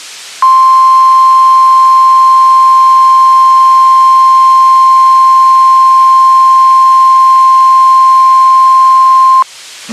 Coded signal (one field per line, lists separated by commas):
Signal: Emergency Alert System (SAME) tones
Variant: 1050 Hz attention tone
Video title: NWR Weekly Tests (2/9/22)(EAS 1087-1088)